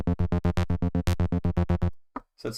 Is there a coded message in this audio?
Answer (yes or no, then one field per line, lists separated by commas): no